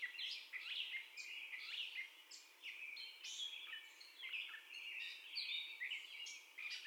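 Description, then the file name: Gray catbird song, a continuous jumble of scratchy, rising and falling phrases. First song of the gray catbird, recorded on 30 May 2021. "2021-05-30 Catbird First Song"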